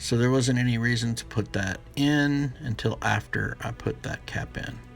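Someone talks over background music while handling the antenna cable of an Alcatel One Touch Idol 4 phone, which was pulled aside to fit a cap and is about to be pressed back into its clip or connector. Nothing has seated or clicked yet.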